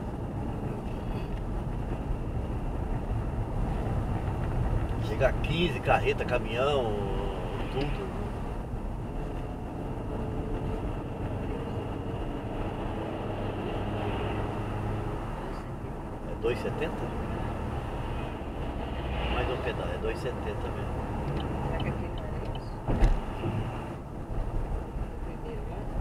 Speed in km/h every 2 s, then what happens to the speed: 67, 68, 66, 63, 70, 77, 82, 79, 79, 79, 76, 73, 68.
0-6 steady at about 66. 6-11 speeds up to 82. 11-19 steady at about 79. 19-26 slows to 68.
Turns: none.